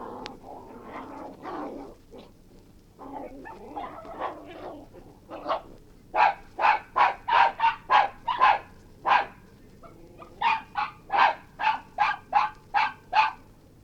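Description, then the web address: Maltese terrier: small dogs yapping and growling, starting with a muffled snarling scuffle, then breaking into rapid sharp barks at a quick, uneven pace. Two Maltese terriers yapping and fighting. "Sound Effects-BBC Maltes"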